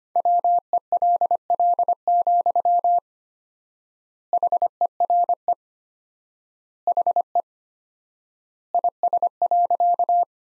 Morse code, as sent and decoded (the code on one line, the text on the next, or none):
.-- . .-.. .-.. --..-- / .... . .-. . / .... . / .. ... .-.-.-
WELL, HERE HE IS.